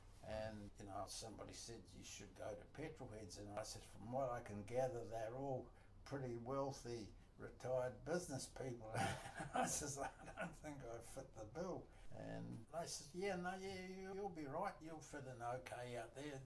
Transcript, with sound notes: And you know, somebody said, “You should go to Petrol Heads”, and I said, “From what I can gather they’re all pretty wealthy retired business people.” [Chuckle] I says, “I don’t think I fit the bill.” And they said, “Yeah, no – yeah, yeah, you’ll be right, you’ll fit in okay out there.”